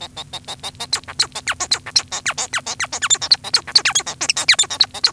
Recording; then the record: song of a male Bengalese finch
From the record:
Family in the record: son of father 1